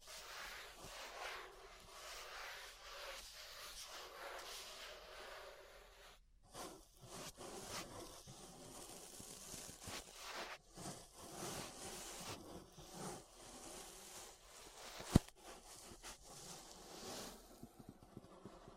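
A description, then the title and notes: Ear brushing makes a dense, scratchy rustle that runs almost without pause, bright and hissy with soft low rumbles underneath. The strokes shift in speed and pressure, with a brief near-silence around six seconds and a sharp click just after fifteen seconds. ASMR Relaxing 3Dio Ear Brushing (No Talking).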